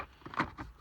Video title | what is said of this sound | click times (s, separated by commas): Mazda CX3 CX5 Apple CarPlay Installation | They just slide in and then they click in. There you go. And they click right in. | 0.4 s